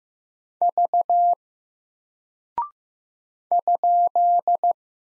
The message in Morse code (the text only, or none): V ?